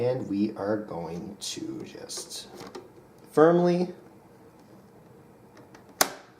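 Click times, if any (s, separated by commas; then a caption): 6.0 s. Someone talks while a RAM module is pressed firmly into a DIMM slot on the motherboard, described here as the second slot and elsewhere as "DIMM four." After a quiet stretch, a single sharp, loud click is heard at 6.0 s as the slot latches closed and the stick seats.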